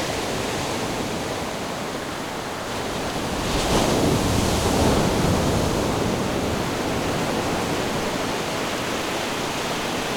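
Ocean waves make a dense, steady wash of surf, swelling louder as one wave breaks around four to five seconds, then settling back.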